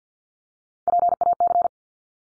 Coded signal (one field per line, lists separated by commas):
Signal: Morse code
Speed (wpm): 50 wpm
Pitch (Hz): 700 Hz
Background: none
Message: PAC